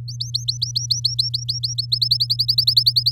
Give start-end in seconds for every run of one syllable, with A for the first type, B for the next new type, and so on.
0.08-1.86 A, 1.92-3.12 B